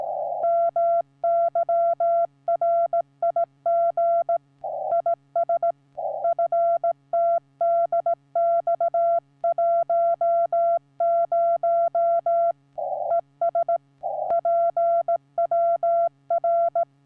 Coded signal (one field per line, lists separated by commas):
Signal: Morse code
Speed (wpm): 16 wpm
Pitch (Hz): 680 Hz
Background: none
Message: MY RIG IS FTDX10 ES PWR